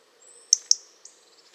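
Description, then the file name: European robin utters a thin, high drawn-out whistle followed by two quick sharp ticks and a softer third. "Erithacus rubecula"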